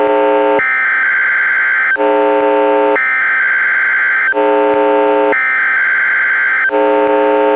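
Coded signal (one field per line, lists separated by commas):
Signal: Emergency Alert System (SAME) tones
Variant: header bursts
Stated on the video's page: NWR Required Weekly Test relayed by KEC91 Astoria, heard through heavy transmitter interference, recorded directly from a Reecom R-1630 weather radio via Zoom H1 recorder.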